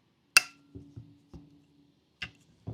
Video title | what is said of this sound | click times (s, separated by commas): MORISSON: Lever-Action Rifle Disassembly, Reassembly & Maintenance Guide | You should hear this clicking sound. | 0.4 s, 2.2 s